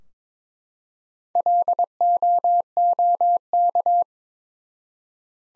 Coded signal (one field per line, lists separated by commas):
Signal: Morse code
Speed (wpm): 22 wpm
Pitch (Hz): 700 Hz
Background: none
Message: LOOK